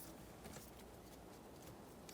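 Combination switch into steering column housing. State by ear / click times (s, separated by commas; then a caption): not seated / none. A new combination (multi-function) switch for a 1994-1997 Honda Accord is slid into position on the steering column housing, with faint handling noises and a brief sharp tick near 2.1 s. Nothing has seated or clicked into the steering column yet.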